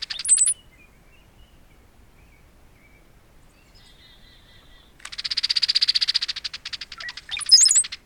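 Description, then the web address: Brown-headed cowbird sounds: a high gurgle-and-whistle phrase, a long dry rattling chatter lasting about two seconds, then another squeaky high phrase. Common western species of North America. "Songs of Birds of North America Know Your Bird Sounds Common Western Species 45-Brown-headed Cowbird"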